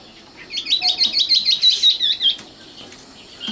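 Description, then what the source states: Oriental magpie-robin singing a brief burst of quick, bright chattering notes, rapidly repeated, then stopping. Kacer song.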